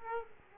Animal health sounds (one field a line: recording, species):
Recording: mosquito wingbeat signal from an infrared sensor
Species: Aedes aegypti